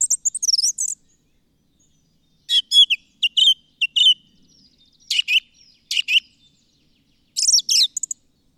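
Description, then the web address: Bird song of dense twittering and chattering phrases, each a cluster of rapid chirps, separated by brief pauses. "madarak enek"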